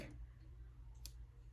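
A watch band end is slid carefully into the band channel on the case of a new Apple Watch Series 6 against a steady low hum. A single sharp, bright click at 1.1 s shows the band seating home in the slot.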